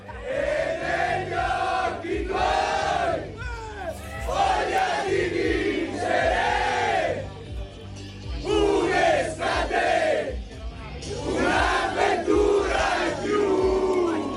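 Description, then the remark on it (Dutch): A large crowd of Italian football supporters sings together with the Italy national team at a match, in loud, swelling chant phrases, voices rising and falling in unison with brief dips between lines, over a constant low roar. “We gaan luisteren naar het nationale team, samen met de supporters, naar de wedstrijd van gisteravond.”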